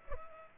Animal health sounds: mosquito wingbeat signal from an infrared sensor; Culex pipiens

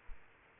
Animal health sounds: mosquito wingbeat signal from an infrared sensor; Aedes aegypti

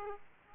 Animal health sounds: mosquito wingbeat signal from an infrared sensor; Aedes aegypti

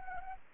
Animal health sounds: mosquito wingbeat signal from an infrared sensor; Anopheles arabiensis

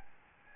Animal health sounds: mosquito wingbeat signal from an infrared sensor; Aedes albopictus

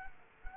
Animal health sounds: mosquito wingbeat signal from an infrared sensor; Culex quinquefasciatus

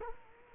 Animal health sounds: mosquito wingbeat signal from an infrared sensor; Culex quinquefasciatus

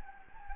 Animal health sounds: mosquito wingbeat signal from an infrared sensor; Anopheles gambiae

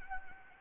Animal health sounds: mosquito wingbeat signal from an infrared sensor; Anopheles gambiae

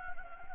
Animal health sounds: mosquito wingbeat signal from an infrared sensor; Anopheles gambiae

